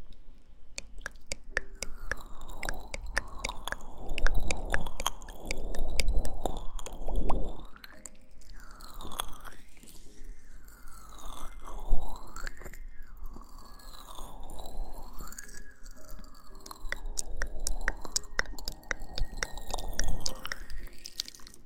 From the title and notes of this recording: ASMR kisses in the ear, comfortably picks out the ears.